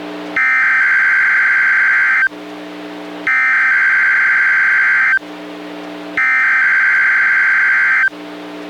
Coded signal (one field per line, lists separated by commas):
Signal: Emergency Alert System (SAME) tones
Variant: header bursts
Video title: EAS #983: NWR Required Weekly Test- Sep. 18, 2024- 11:22AM PDT